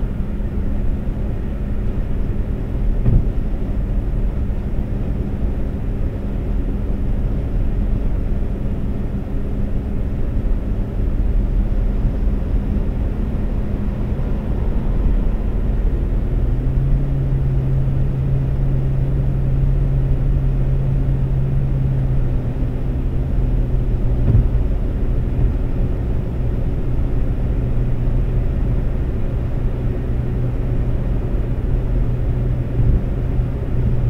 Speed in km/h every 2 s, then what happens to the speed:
132, 132, 132, 132, 132, 132, 132, 130, 132, 132, 132, 132, 132, 132, 132, 132, 132.
0-34 steady at about 132.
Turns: none.